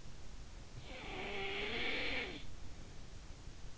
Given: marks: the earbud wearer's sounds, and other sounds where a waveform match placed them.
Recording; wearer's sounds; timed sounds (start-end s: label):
sounds in sleep by an in-ear microphone; snoring breath
0.36-3.28 s: snoring breath